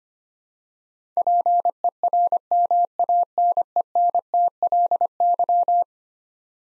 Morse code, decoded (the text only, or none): PERMANENTLY